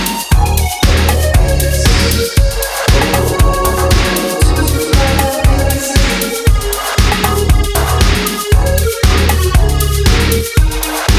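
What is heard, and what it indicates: Deep, regular thumping at about 118 per minute, slightly uneven, under a steady ringing tone. A simulation of pulsatile tinnitus, an internal sound perceived as two overlapping heartbeats rather than an external noise.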